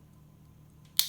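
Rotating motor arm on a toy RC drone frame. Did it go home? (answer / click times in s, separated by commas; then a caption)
released / 1.0 s. A rear rotating motor arm with red propellers on a plastic Horizon Hobby 3-in-1 RC drone, plane and hovercraft combo is pushed back by hand from its clicked-in position to its original one. After a quiet, low hum, one sharp, bright snap sounds at 1.0 s and fades quickly. The arm snaps back out of its locked position and is released.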